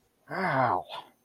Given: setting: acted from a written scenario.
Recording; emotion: vocal sound without words; pain